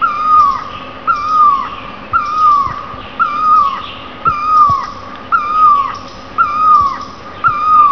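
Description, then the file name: Great barbet calling with loud, mellow, slightly falling notes repeated steadily about once a second, over low background rumble. "Gbarbet"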